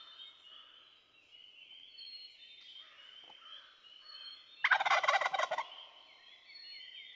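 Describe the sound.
Wild turkey gives one loud, throaty rolling gobble midway through, against a constant chorus of thin warbling and chirping songbirds.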